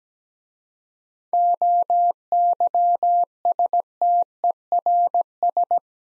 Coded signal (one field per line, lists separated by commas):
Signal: Morse code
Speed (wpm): 17 wpm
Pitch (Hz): 700 Hz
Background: none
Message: OYSTERS